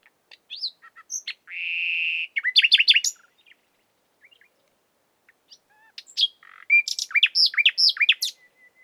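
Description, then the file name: Common nightingale song with a sustained buzzy note, a burst of sharp chattering notes, a pause, then a varied, scratchy phrase. "Luscinia megarhynchos"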